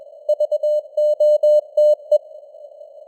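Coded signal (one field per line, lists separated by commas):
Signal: Morse code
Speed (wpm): 21 wpm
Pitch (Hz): 600 Hz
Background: none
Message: VOTE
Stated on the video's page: Computer-generated Morse news headlines at 21 wpm with simulated radio noise and varying signal strength (QSB).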